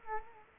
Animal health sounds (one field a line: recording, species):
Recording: mosquito wingbeat signal from an infrared sensor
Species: Culex quinquefasciatus